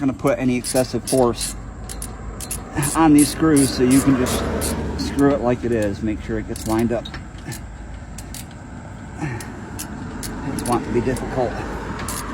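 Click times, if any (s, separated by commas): none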